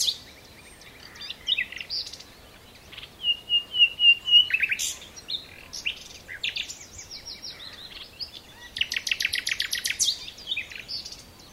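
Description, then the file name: Common nightingale singing varied phrases: scattered chirps, a drawn-out whistled trill, then a rapid, dry run of repeated clicking notes near the end. "Luscinia megarhynchos"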